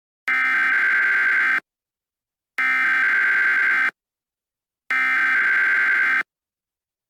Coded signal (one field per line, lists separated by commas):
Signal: Emergency Alert System (SAME) tones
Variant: header bursts